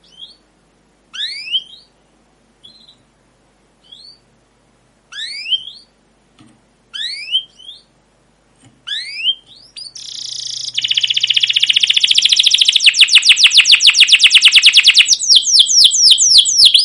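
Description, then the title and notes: Canary calls as spaced rising chirps with silences, then a dense fast trill of repeated chirps. Canary song with "cuit cuit" chirps, used as a lure to prompt other canaries to sing and as a master recording for young canaries learning sounds. "CUIT CUIT NGEROL LANGSUNG GACOR PANJANG Kenari Ini AMPUH Utk Pancingan KENAR. PANCINGAN Kenari GACOR PANJANG Cuit CUIT EMOSI ini AMPUH utk MASTERAN Kenari PAUD belajar BUNYI. burung kenari"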